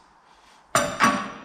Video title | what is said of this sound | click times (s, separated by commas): Toyota Land Cruiser Front Brakes Replacement And Tricks | Little clicks. | 0.8 s